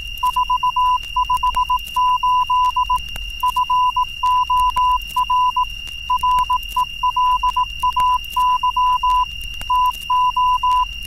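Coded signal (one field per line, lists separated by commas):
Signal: Morse code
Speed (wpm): 18 wpm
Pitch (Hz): 1000 Hz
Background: none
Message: 458 FOR RELAY TO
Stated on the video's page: Music track titled "Numbers Station," an experiment in sound.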